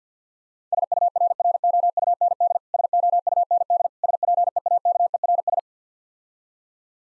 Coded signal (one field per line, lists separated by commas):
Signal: Morse code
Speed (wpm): 50 wpm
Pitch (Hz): 700 Hz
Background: none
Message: SURROUND SOUND SPEAKERS